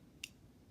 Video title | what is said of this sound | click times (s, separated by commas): [UNBOXING] Beyblade REVIVE PHOENIX 10.Fr | there's a click but Wow this beyblade looks | 0.2 s